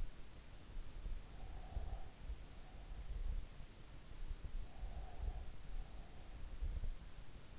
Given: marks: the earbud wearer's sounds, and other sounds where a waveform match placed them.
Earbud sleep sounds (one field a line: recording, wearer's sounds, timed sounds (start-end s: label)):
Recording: sounds in sleep by an in-ear microphone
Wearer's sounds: breath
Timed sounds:
1.19-2.74 s: breath
4.30-5.69 s: breath